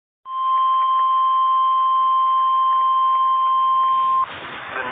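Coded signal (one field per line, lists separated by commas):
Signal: Emergency Alert System (SAME) tones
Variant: 1050 Hz attention tone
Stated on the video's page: Tornado warning received from a NOAA Weather Radio transmitter in Birmingham, Alabama.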